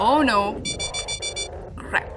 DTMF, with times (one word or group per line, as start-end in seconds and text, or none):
none